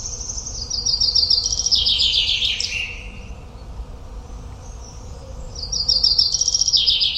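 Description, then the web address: Common chaffinch song: a rapid descending trill ending in a flourish, then after a pause the start of another song. "Deverinetal"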